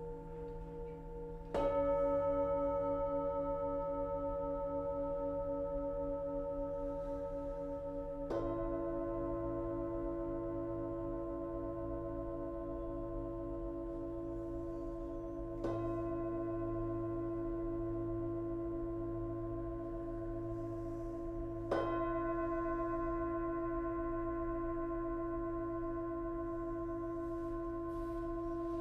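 Sound bath with singing bowls struck one after another, at about 2, 8, 16 and 22 seconds. Each strike rings out as a steady, layered tone that hangs and slowly fades, with a low hum underneath and the new tones blending over the old.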